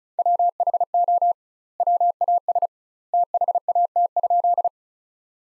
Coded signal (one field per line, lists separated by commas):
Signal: Morse code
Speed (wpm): 34 wpm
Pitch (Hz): 700 Hz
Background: none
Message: WHO WAS THAT?